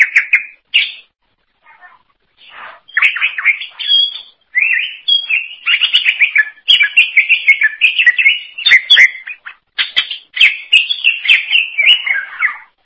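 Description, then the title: Greater green leafbird singing a long, varied warble of rapid whistled and chattering notes that runs almost continuously after a brief hesitant opening. "Cucak ijo"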